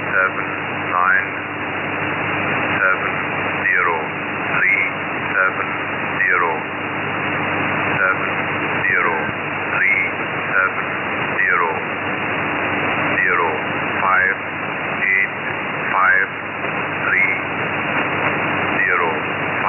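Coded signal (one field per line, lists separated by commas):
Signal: numbers station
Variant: E06, English male voice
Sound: male voice reading short evenly spaced words, likely numbers, through shortwave hiss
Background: radio static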